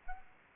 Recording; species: mosquito wingbeat signal from an infrared sensor; Anopheles arabiensis